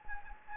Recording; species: mosquito wingbeat signal from an infrared sensor; Anopheles gambiae